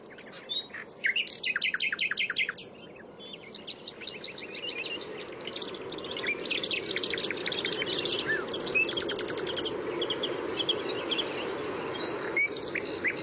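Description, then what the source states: Nightingale singing in varied phrases: rapid churring bursts, whistled notes and sharp chirps over a constant noisy background. Nightingales singing in the dunes at Rob and Marlies's place.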